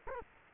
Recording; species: mosquito wingbeat signal from an infrared sensor; Culex quinquefasciatus